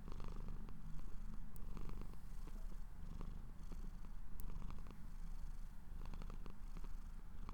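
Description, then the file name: Purring cat, a rumbling low drone swelling and easing with breaths, small sharp ticks now and then. Owner's pet cat purring while falling asleep. "My Cat Purring To Sleep"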